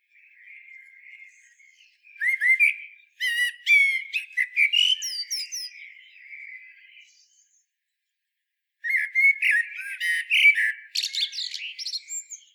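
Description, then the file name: Common blackbird singing: a soft opening note leads into a long, rich, fluty phrase with squeaky high flourishes, then a silence and a second warbling phrase. "Turdus merula"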